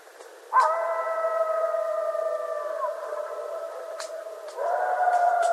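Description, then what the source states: Coyote howls: long steady tones begin after half a second and hold for about four seconds, one voice bending downward near the three-second mark, a fresh rise of howls just before five seconds. Coyotes, recorded 21 January 2012.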